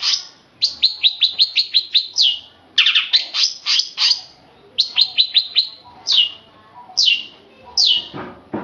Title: Kicau Kacer